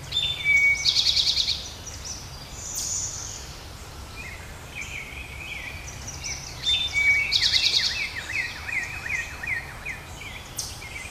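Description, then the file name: Birds call in two matching bouts, each a high buzzy trill and a thin whistle, then a string of quick slurred notes that dip and rise. Recorded in woods on 25 June 2010; the bird is unidentified. "Mystery Bird in Woods 6-25-10"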